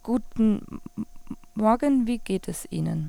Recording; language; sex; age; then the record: spoken sentence; German; female; 20 to 29 years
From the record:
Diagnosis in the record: stuttering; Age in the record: 29 years